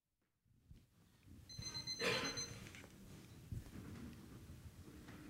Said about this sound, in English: It's a bit loud. Modern technology. My alarm clock. A wake-up call.